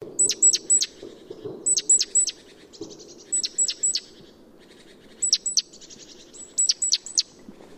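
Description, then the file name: Great tit uttering thin, high descending notes in groups of three, repeated roughly every one to two seconds, with faint buzzy notes and low rumble behind. "Parus major"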